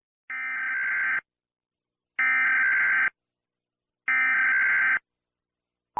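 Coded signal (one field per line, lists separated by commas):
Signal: Emergency Alert System (SAME) tones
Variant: header bursts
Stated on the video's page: A joke compilation of simulated alarms attributed to various countries, not real broadcasts.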